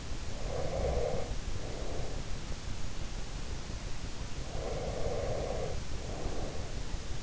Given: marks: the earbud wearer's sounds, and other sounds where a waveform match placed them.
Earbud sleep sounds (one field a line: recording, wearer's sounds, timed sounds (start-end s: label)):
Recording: sounds in sleep by an in-ear microphone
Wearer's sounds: breath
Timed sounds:
0.10-2.59 s: breath
4.23-7.23 s: breath